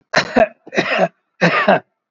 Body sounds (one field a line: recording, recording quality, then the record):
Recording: shallow voluntary cough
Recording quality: excellent, no background noise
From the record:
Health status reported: COVID-19 positive, moderate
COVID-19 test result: positive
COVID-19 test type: RT-PCR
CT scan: taken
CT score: 13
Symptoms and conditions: cough, cold, breathing difficulty, sore throat, fever, fatigue, muscle pain, asthma, another respiratory illness, hypertension, ischaemic heart disease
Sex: male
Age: 81 years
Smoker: no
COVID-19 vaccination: both doses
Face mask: worn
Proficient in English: yes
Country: India